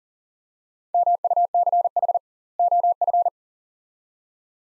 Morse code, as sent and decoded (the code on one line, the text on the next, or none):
-- ..- -.-. .... / --- ..-.
MUCH OF